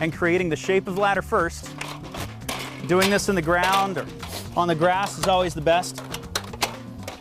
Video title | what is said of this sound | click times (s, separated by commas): Little Giant Xtreme™ Multi purpose Ladder | Make sure that that hinge is completely seated. It's locked into place. | 6.4 s